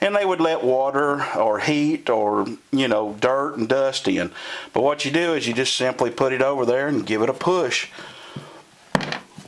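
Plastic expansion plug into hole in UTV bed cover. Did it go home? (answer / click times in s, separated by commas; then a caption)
yes / 9.0 s. Someone talks for most of the clip, then a plastic expansion plug is pushed by hand into an unused hole in the metal bed cover of a 2008–2011 RZR UTV. It snaps into place with a sharp click at 8.9 s, followed by two softer taps, and the plug is seated.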